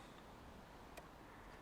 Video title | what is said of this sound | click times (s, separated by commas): Magicshine Allty 1000 USB Bicycle Light review | and there you go and it kind of clicks into place so that's quite reassuring | 1.0 s